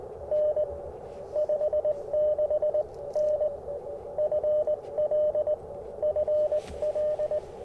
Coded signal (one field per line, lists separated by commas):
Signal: Morse code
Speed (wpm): 19 wpm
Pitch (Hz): 590 Hz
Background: radio noise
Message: N 56N FL FL